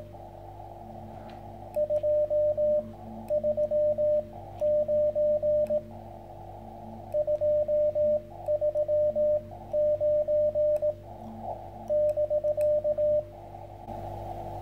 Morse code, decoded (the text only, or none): 239 239 <BK>